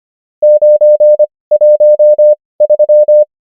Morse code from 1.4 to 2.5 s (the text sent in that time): 1